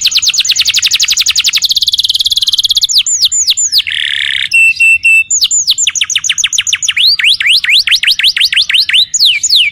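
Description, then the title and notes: Canary singing a dense, rapid trill that shifts into looping swept whistles, a short buzzy phrase, then quick repeated down-slurred notes and rolls. Tutoring recording, long duration, used to train young canaries to sing. "Pancingan Kenari Muda. masteran kenari"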